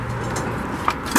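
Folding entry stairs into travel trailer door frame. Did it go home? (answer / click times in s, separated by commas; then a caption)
no / none. Folding entry stairs of a 2021 Catalina 283 travel trailer are handled into position in the door frame, with the door fully open and latched. Over a steady low background hum, two short sharp knocks land at about 0.9 s and 1.2 s. Nothing has seated or clicked into place yet.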